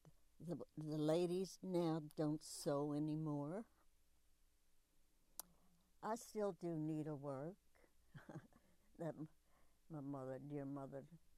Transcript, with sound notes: the ladies now don't sew anymore. I still do needlework [laughs] that my mother, dear mother,